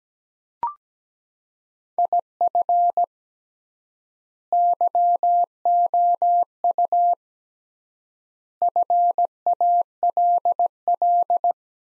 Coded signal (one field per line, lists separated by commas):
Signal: Morse code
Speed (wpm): 17 wpm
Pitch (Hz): 700 Hz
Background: none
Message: IF YOU FALL